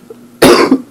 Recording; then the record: coughing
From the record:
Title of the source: Coughing 77